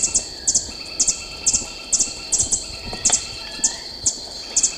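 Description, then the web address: Ecuadorian piedtail calling with paired, very high-pitched chip notes repeated about twice per second, over a constant buzzing insect drone. "Birds of Ecuador. Ecuadorian Piedtail"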